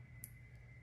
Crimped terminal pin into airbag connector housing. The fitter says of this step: it in there, till it clicks, and